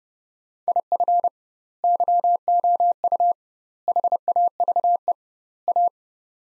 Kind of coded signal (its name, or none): Morse code